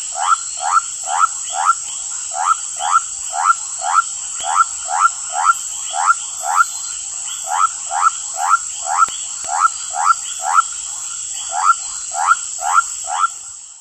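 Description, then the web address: Basin white-lipped frog giving rapid rising whoop notes, roughly two per second without pause, backed by a continuous high-pitched insect drone. Recorded in the Ecuadorian Amazon. "Natures Songs. Frogs of Ecuadorian Amazon Leptodactylus mystaceus"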